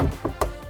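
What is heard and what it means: A window handle latch in the frame of a shower window: the button is pressed and the handle pulled down until it latches into place at fully open. Two sharp clicks sound at 0.3 s and 0.4 s, the second louder, over a low background hum. The handle is latched in place.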